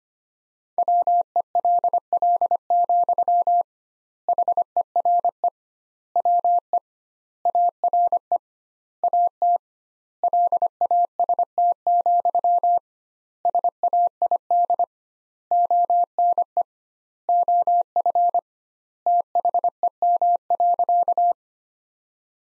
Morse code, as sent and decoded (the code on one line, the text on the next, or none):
.-- . .-.. .-.. --..-- / .... . .-. . / .-- . / .- .-. . / .- - / .-.. .- ... - --..-- / ... .- .. -.. / --- -. . / --- ..-. / - .... . -- .-.-.-
WELL, HERE WE ARE AT LAST, SAID ONE OF THEM.